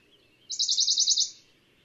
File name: Pouillot de Bonelli